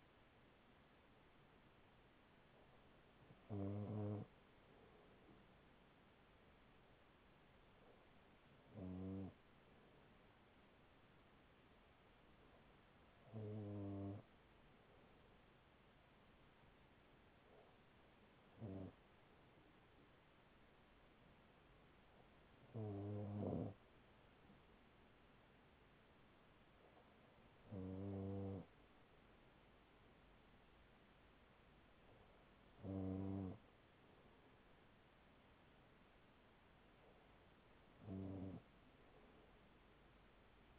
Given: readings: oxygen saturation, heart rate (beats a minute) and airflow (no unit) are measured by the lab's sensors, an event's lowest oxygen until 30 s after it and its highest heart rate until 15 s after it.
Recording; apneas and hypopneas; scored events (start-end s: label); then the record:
breathing in sleep by a voice recorder at the bedside; none
none scored
From the record:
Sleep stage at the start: N2 (light sleep); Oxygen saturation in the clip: 95 to 96%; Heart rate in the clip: 39 to 43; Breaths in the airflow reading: 9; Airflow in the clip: -5.4 to 4.5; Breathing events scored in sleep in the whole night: 207 in 7.6 hours asleep